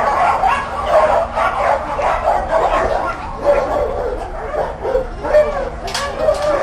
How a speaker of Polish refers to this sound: To jest właśnie taki piesek. Niedotykalski. Bardzo mały. On 10 kilo waży.